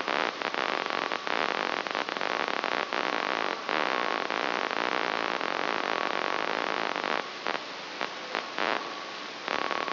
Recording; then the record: brain microelectrode recording played as sound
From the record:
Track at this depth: outside the subthalamic nucleus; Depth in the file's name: 8.904 mm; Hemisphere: left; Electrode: 3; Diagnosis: Parkinson's disease